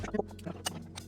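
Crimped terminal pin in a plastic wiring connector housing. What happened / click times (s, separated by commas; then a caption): The terminal pin let go of the connector housing / 0.7 s. A crimped terminal pin is worked out of the back of a plastic wiring connector housing during re-pinning, held in by a small locking tab. Light tapping and handling sounds lead up to a sharp click at 0.7 s, as the pin pops out and is released from the housing.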